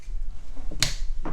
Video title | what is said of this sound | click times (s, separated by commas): New toy, knife sharpener | And that is simply rotate it up until it clicks into place. | 0.8 s